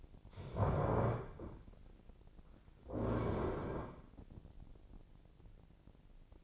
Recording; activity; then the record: daily activity, microphone in the room; stand up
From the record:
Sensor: 5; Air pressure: 1009.4 hPa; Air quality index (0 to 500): 153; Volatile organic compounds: 2 ppm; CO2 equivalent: 1180 ppm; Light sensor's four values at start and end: 263/631/267/291 and 262/630/267/290